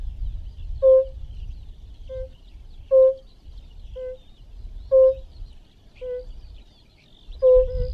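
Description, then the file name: European fire-bellied toad giving gentle, musical 'oop' calls roughly every second, louder and softer notes alternating, with a low rumble underneath. "Rotbauchunke"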